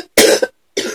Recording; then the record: coughing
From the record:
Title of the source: 55 gaggy wet cough